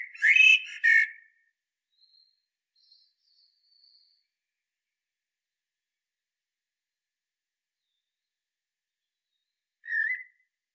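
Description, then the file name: Common blackbird singing a short fluty phrase at the start, a few faint high thin notes after, and one short note near the end. "Turdus merula"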